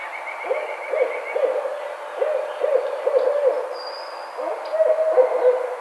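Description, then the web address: Barred owl giving a series of short wavering hoots, pausing before a louder final burst. 2009-05-04. "sounds birds Barred Owl 2009 05 04 Barred Owl"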